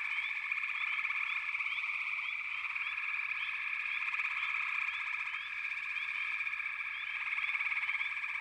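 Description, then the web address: Frogs in chorus: a continuous buzzing trill from many callers, punctuated by frequent short upslurred chirps. "Nature Songs Nature Sounds The Natural Sounds of the Wilderness 10 CDs collection Echoes of Nature - Frog Chorus"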